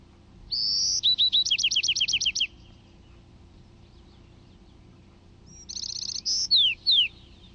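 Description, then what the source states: Bewick's Wren songs, two in sequence: a high sustained note and rapid trilled series, a pause, then another phrase of buzzy notes and two sharp downslurs. Adult male with sharp, crisp songs, one example of each of four songs; an adult sings one song up to 50 times in a row before switching.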